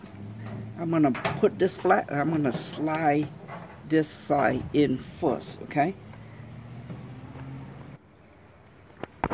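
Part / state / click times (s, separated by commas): door interlock switch into microwave switch bracket / partly seated / 9.0 s, 9.2 s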